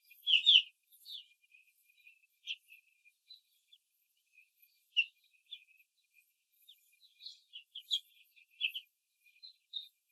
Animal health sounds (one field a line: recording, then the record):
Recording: young laying hens in a cage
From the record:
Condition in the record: control cage, after the stress test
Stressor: none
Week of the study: 4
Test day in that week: 1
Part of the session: 3